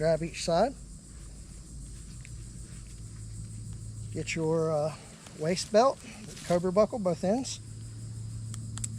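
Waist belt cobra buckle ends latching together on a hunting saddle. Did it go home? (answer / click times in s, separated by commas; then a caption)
no / none. Someone talks while holding both ends of the metal cobra buckle on a hunting saddle's waist belt, with a steady low hum underneath and a few faint taps near the end. Nothing has seated or clicked yet.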